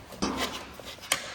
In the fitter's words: Oh, I heard a click.